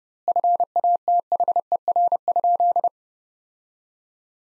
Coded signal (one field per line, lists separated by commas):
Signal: Morse code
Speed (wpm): 30 wpm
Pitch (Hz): 700 Hz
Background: none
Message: FATHER?